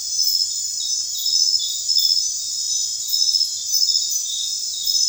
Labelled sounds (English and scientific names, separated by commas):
none